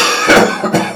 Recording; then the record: coughing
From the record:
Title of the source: Cough Around the Clock!